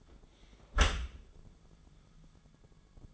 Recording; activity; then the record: daily activity, microphone in the room; close dishwasher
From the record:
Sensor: 5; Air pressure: 1015.0 hPa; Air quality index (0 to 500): 160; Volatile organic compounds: 5 ppm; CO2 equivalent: 1730 ppm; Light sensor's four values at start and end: 39/92/37/41 and 38/90/37/40